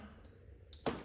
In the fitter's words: tail clicks just like that